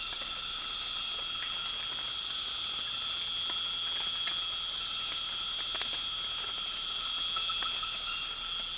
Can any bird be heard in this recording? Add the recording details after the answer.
no. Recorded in dense forest near Puerto Asís, Putumayo, Colombia, on 12 March 2025 at 01:00. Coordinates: 0.484, -76.317. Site G064